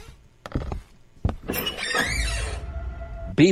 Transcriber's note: banging; door creaking